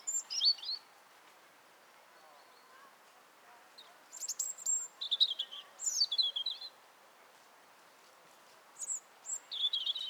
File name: Erithacus rubecula